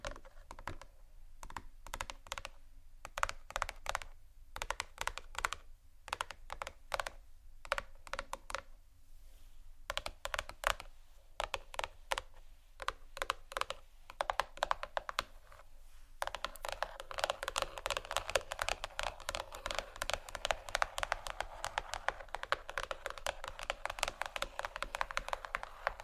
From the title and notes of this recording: Marble, wood, tapping, scratching, crinkles, etc （No Talking）.